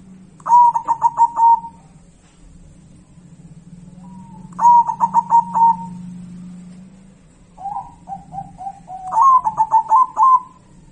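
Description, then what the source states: Zebra dove cooing in rapid pulsed phrases roughly every four seconds, one phrase preceded by softer, lower stuttering notes, with a low hum throughout. Local zebra dove.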